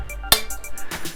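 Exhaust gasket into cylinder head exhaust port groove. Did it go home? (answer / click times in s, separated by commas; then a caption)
yes / 0.3 s. A motorcycle exhaust gasket, part of a Fab 28 2-into-1 exhaust install on a Dyna Street Bob FXDB, is pushed down into the cylinder head exhaust port until it locks into its groove. A sharp snap is heard at 0.3 s as the gasket seats, with music playing underneath and a few softer clinks around it.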